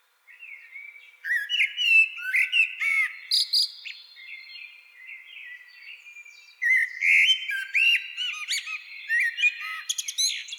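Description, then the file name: Common blackbird singing almost continuously, mellow fluted notes interwoven with many thin, high chittering and squeaky twitters. "Turdus merula"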